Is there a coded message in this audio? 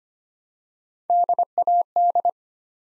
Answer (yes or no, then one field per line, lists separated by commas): yes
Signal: Morse code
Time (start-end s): 1.1-2.3 s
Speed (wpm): 25 wpm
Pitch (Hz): 700 Hz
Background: none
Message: DAD